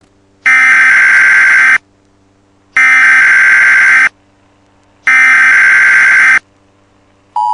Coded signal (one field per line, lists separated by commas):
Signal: Emergency Alert System (SAME) tones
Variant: header bursts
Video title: Alien Invasion EAS